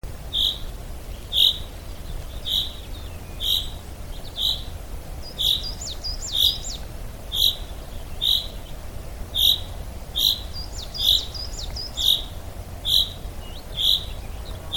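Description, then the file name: Common chaffinch giving sharp, bright call notes roughly once per second in a steady series, with brief twittering phrases in between. "Fringilla coelebs"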